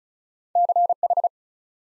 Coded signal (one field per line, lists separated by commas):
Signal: Morse code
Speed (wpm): 36 wpm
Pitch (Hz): 700 Hz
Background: none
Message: CH